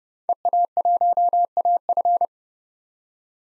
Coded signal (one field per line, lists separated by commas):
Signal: Morse code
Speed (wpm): 30 wpm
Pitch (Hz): 700 Hz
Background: none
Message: EA1AF